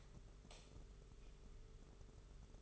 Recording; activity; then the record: daily activity, microphone in the room; light on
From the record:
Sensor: 4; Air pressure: 991.8 hPa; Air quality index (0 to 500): 98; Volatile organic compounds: 11 ppm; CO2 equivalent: 2279 ppm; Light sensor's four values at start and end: 7/15/6/6 and 7/16/6/7